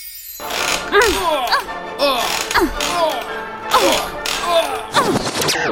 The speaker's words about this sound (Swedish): Du har just hört ljud från en knarrande gungstol.